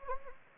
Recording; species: mosquito wingbeat signal from an infrared sensor; Anopheles gambiae